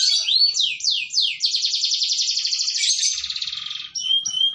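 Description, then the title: Canary singing: a few downward-swooping notes, then a long dense buzzy trill that thins and ends in short high whistled notes. Cengkok song style, described as premium, of the kind sought by contest judges. "Cengkok kenari mewah yang di cari juri"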